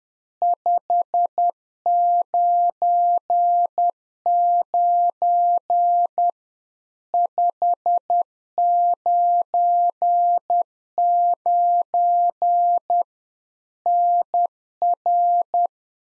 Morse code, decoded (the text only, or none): 599 599 NR